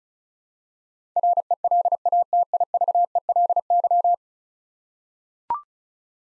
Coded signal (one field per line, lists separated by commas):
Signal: Morse code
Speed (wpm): 36 wpm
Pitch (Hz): 700 Hz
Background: none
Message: RELATIVELY